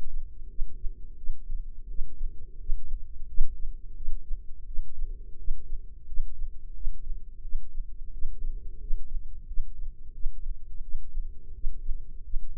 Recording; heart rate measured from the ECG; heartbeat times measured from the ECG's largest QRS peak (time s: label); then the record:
heart sounds by microphone in the right ear; 87 bpm
0.48 s: heartbeat
1.16 s: heartbeat
1.88 s: heartbeat
2.58 s: heartbeat
3.27 s: heartbeat
3.95 s: heartbeat
4.65 s: heartbeat
5.37 s: heartbeat
6.06 s: heartbeat
6.73 s: heartbeat
7.42 s: heartbeat
8.11 s: heartbeat
8.79 s: heartbeat
9.46 s: heartbeat
10.13 s: heartbeat
10.81 s: heartbeat
11.53 s: heartbeat
12.22 s: heartbeat
From the record:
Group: healthy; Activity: rest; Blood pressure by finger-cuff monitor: 111/66 mmHg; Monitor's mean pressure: 78 mmHg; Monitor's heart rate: 88 bpm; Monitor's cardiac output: 7.9 L/min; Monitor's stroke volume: 90 mL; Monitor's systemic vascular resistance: 720 dyn s/cm5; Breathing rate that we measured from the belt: 20 breaths a minute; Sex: male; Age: 19 years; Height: 178 cm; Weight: 83 kg